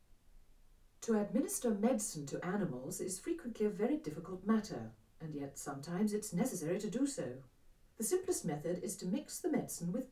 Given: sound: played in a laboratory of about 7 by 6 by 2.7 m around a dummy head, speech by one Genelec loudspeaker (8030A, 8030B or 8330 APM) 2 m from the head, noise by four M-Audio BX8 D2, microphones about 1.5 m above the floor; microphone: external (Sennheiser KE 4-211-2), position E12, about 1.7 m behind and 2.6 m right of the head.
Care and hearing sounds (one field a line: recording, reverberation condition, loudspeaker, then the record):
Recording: female speech in English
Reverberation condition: low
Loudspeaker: 30 degrees to the left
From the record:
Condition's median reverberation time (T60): about 310 ms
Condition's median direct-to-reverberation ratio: about 3.5 dB